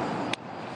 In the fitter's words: un tout petit clic